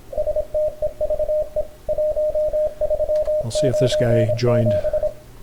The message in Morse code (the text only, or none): STEVE 1397